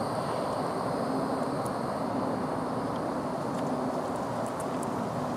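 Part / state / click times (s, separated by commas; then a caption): attachment shaft into multi-tool power head coupling / not seated / none. A string trimmer attachment shaft on a Wild Badger 4-in-1 multi-tool is eased in and back out slightly at the power head coupling to line up the locking hole. Only a steady broadband outdoor rumble is heard, with no distinct sounds. Nothing has seated or clicked yet.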